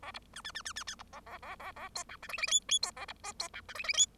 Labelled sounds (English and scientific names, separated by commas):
Bengalese Finch (Lonchura striata domestica) song